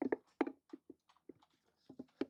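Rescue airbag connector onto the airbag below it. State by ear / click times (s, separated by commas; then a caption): seated / 0.4 s. A second rescue airbag is placed on top of the first, and its connector, which has an aluminum plate built into it, locks onto the airbag below with a sharp metal click at 0.4 s. A few other knocks and short taps follow, and the two bags are now connected together.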